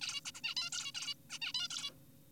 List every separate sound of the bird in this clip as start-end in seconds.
0.01-0.21, 0.25-0.31, 0.35-0.41, 0.44-0.55, 0.57-0.70, 0.73-0.92, 0.95-1.14, 1.30-1.39, 1.42-1.53, 1.55-1.68, 1.71-1.91